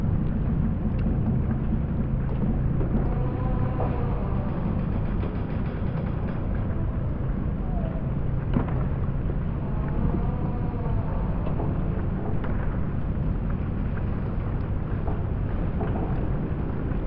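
Floating pontoons beside the Sydney Opera House shift on the water with a constant low rumble and churning. Groaning, creaking tones rise and bend around 3–5 and 9–11 seconds, with scattered knocks and clanks throughout at a steady level.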